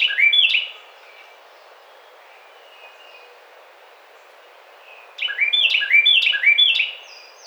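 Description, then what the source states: Carolina wren song: loud rolling phrases of repeated two-part downslurred notes, a burst at the start and another strophe from five seconds. Recorded 25 May 2009.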